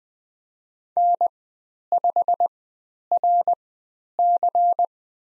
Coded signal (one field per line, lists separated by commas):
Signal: Morse code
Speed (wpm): 20 wpm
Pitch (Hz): 700 Hz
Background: none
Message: N5RC